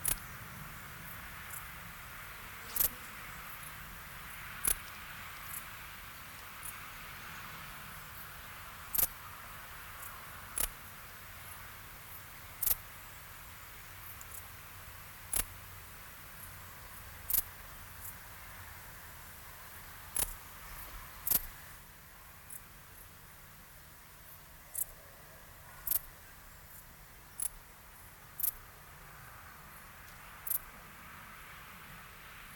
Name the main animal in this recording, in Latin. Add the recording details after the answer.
Pholidoptera griseoaptera. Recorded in the wild. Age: imago. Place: Treuchtlingen, Heumöderntal, Bayern, DE. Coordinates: 48.96, 10.91. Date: 1993-09-02 10:50. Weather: sonnig 15,3° C. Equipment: Marantz CP 430, Sennheiser MKH 416 T, Kopie Uher Variocord 263. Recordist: Tembrock, Günter